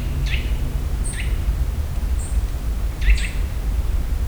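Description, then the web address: Eurasian nuthatch calls: a few short downslurred notes at irregular intervals, with thin high chips over a strong low rumble. Another of its calls, recorded in nature in the Visegrád Hills, Hungary. "csuszka professzionalis masikhangja visegradihegyseg"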